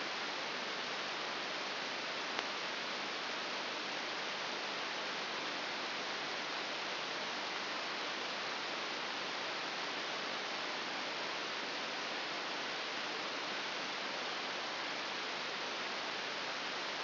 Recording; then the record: brain microelectrode recording played as sound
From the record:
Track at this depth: inside the subthalamic nucleus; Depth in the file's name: 4.801 mm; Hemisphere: right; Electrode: 3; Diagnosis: Parkinson's disease